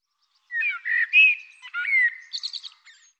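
Bird song: a single phrase of sliding whistled notes that breaks into rapid, high chattering notes at the end.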